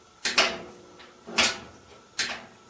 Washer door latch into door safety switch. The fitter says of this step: the door make sure that you hear the switch click when